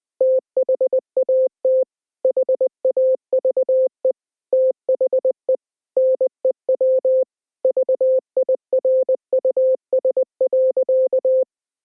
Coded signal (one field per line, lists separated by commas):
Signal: Morse code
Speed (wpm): 20 wpm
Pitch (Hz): 520 Hz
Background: none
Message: THAT HAVE THE NEW VIRUS.